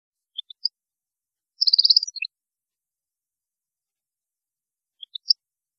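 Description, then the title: European goldfinch giving a few high, thin notes, then a short run of fast twittering, and more scattered notes near the end, with long silences between. "Chant Chardonneret"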